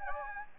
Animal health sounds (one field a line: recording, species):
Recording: mosquito wingbeat signal from an infrared sensor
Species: Anopheles gambiae